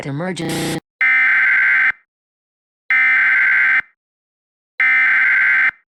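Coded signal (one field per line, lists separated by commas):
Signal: Emergency Alert System (SAME) tones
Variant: header bursts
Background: speech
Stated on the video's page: Simulated EAS scenario for entertainment, not a real alert.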